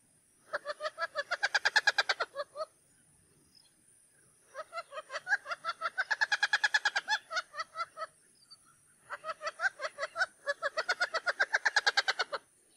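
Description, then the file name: Wattled jacana chattering in three bouts of fast, rasping notes, separated by short silences. "CANTO-DO-JAÇANÂ-Jacana-jacana-Wattled-Jacana"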